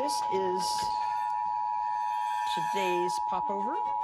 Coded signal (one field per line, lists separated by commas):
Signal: Emergency Alert System (SAME) tones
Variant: 853 and 960 Hz attention tone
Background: speech